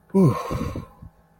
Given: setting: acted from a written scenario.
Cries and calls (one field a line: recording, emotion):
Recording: vocal sound without words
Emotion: contentment